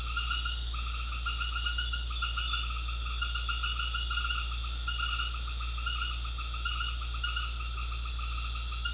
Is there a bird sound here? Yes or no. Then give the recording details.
no. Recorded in secondary vegetation near Puerto Asís, Putumayo, Colombia, on 4 March 2025 at 19:30. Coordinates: 0.484, -76.319. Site G010